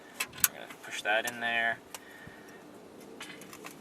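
A flat metal radio removal key is handled and pushed toward a corner slot of the car radio in a 2002–2006 Audi A4, with the notch kept in place. Sharp metallic taps around 0.2 and 0.4 s and light jangling are heard while someone talks. The key has not clicked or seated yet.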